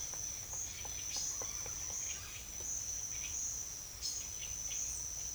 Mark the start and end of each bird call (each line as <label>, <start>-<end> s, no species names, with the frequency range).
bird call (0.6-5.0 kHz), 0.00-2.49 s
bird call (1.3-4.1 kHz), 3.00-3.37 s
bird call (1.5-4.0 kHz), 4.09-4.99 s